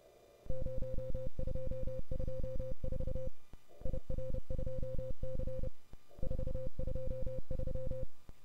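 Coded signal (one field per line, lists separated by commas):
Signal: Morse code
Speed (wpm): 30 wpm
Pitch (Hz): 520 Hz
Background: none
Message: 0224 IR2C 423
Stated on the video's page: WAE CW contest on 20m from a home station, including sending QTC traffic, on a Flex radio.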